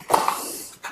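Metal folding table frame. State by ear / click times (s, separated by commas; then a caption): not seated / none. Handling of a Worx Pegasus 2-in-1 folding worktable as both sides are raised toward their locked upright position. Sharp knocks and rattles are heard near 0.1 and 0.3 s, followed by a fading rustle and another brief burst near 0.9 s. Nothing has seated or snapped into place yet.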